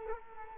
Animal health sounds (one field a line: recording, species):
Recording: mosquito wingbeat signal from an infrared sensor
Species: Culex quinquefasciatus